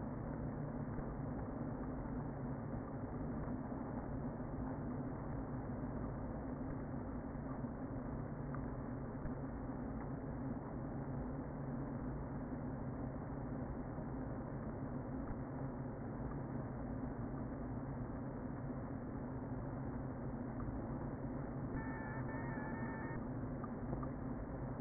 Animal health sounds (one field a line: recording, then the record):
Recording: honeybee colony, microphone inside the hive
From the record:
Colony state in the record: queen present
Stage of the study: before two queens were removed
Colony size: about 60,000 bees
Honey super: yes